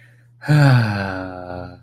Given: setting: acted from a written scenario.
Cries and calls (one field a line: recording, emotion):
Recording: vocal sound without words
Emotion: serenity